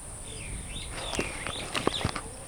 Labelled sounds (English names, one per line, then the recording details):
Superb Starling flight call
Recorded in Kenya